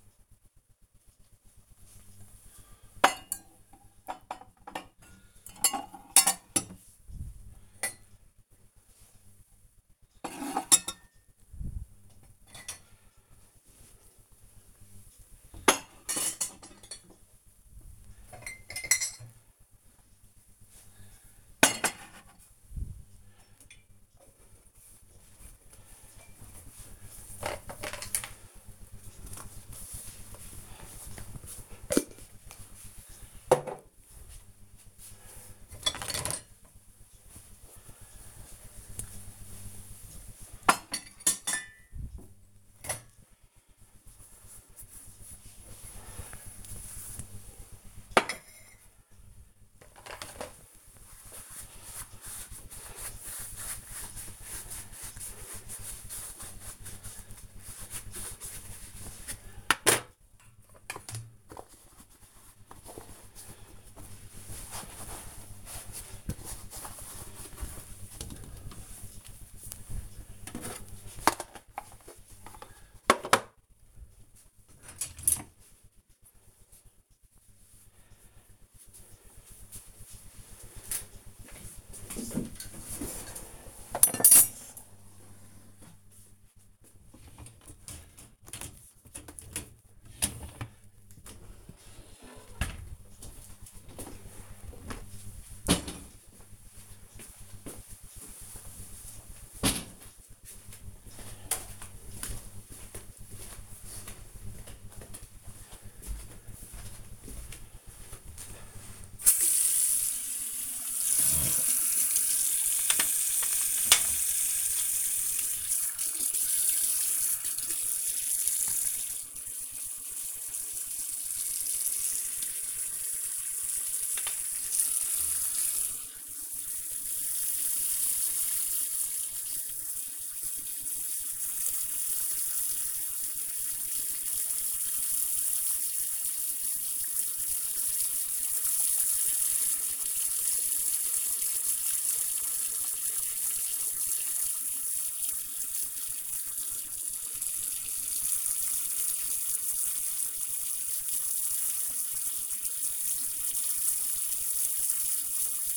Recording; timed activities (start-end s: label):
household activities, microphone on the right wrist
0.00-92.86 s: cleaning out the dishwasher
110.98-155.77 s: brushing teeth